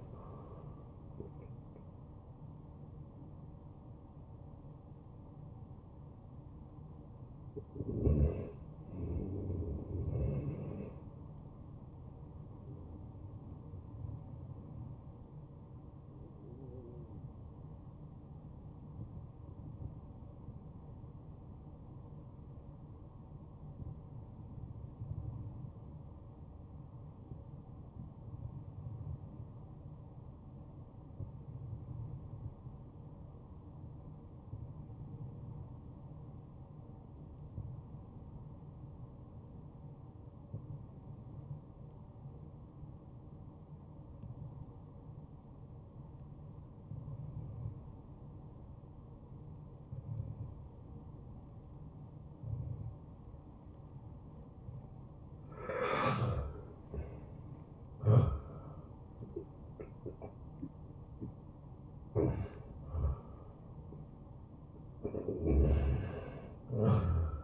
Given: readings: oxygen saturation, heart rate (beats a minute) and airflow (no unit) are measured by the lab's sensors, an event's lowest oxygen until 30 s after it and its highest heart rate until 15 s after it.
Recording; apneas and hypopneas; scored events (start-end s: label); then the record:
breathing in sleep by a smartphone at the bedside; 1
3.00-33.00 s: new sleep stage, N1 (lightest sleep)
17.00-56.20 s: obstructive apnea (N1, oxygen 95% highest, then 87% lowest, heart rate 68 at the start, 81 highest)
33.00-63.00 s: new sleep stage, N2 (light sleep)
63.00-67.44 s: new sleep stage, N1 (lightest sleep)
From the record:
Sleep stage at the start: N2 (light sleep); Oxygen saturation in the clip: 86 to 95%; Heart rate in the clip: 54 to 83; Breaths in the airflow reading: 6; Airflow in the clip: -17.9 to 10.9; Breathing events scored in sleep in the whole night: 263 in 5.5 hours asleep